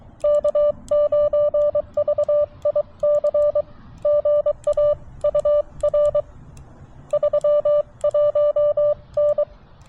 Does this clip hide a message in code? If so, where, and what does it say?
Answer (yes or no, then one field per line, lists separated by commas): yes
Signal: Morse code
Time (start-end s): 0.2-9.4 s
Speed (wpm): 23 wpm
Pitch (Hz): 590 Hz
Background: none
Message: K9VIC GA UR 31N